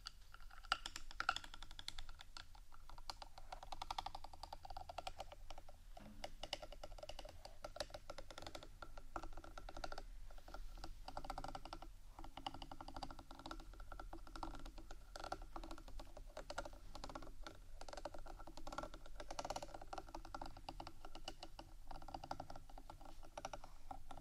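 Rapid scratching and tapping on a rhinestone-covered mic, a dense run of small clicks and rasps at an even level, over a low hum.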